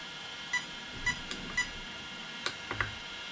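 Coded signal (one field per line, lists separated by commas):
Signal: beep code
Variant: brushless motor ESC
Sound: three short high beeps about half a second apart, with clicks and knocks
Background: handling clicks, knocks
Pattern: 3 short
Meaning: Three beeps signal a motor sensor fault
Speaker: three beeps coming out of the esc i am gonna look on the chart and see what those three beeps are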